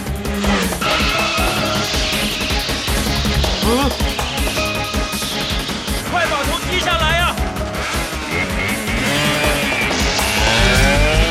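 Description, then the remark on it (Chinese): A speeding car races on with failed brakes, engine roaring steadily loud while tires squeal in wavering high whines, voices mixed in beneath the dense, constant din. “啊，怎么没有刹车呢？”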